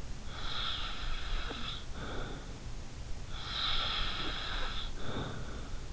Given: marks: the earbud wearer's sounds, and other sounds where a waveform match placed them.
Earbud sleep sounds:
sounds in sleep by an in-ear microphone; snoring breath
0.26-2.62 s: snoring breath
3.31-5.69 s: snoring breath

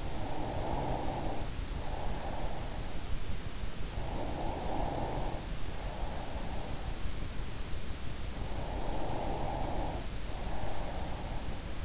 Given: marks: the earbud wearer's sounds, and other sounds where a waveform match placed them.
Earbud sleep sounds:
sounds in sleep by an in-ear microphone; breath
0.00-3.10 s: breath
3.81-7.42 s: breath
8.20-11.85 s: breath

